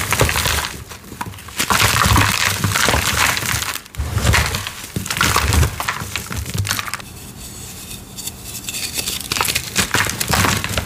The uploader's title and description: Cornstarch Crunchies. Crunchy, gritty cornstarch crushing, ASMR crumbling and dusty powder play sounds